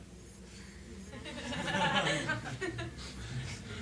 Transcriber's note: laughter